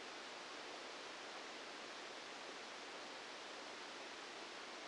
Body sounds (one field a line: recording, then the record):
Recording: brain microelectrode recording played as sound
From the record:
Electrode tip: outside the subthalamic nucleus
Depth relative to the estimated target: -8 mm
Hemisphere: left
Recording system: NeuroSet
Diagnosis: Parkinson's disease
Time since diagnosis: 9 years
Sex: male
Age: 61 years